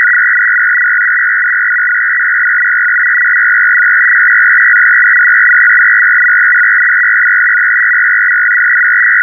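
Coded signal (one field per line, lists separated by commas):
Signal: numbers station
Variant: F01 FSK, 500 Hz shift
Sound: steady fast warbling between two close tones, continuous data chatter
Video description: Russian digital numbers station F01 FSK 500Hz signal operated on USB +1700Hz. This signal originated from Habana, Cuba and is the digital counterpart to the Russian 6 operator family ran by the GRU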